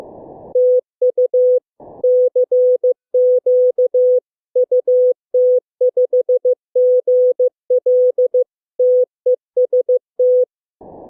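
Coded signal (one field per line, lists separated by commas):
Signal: Morse code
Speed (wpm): 15 wpm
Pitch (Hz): 500 Hz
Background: none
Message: TU CQ UT5GL TEST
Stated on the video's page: Morse Runner, a computer program emulating an HF contest.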